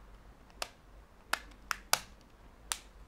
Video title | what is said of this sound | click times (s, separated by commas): Samsung Galaxy Note 3 Jet Black Unboxing & First Boot | and there it snaps back in | 0.6 s, 1.3 s, 1.7 s, 1.9 s, 2.7 s